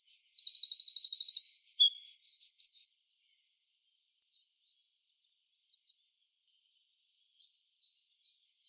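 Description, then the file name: Eurasian wren song: a loud burst of rapid, high trills and twittering phrases for about three seconds, then only scattered faint high notes. "Troglodytes troglodytes"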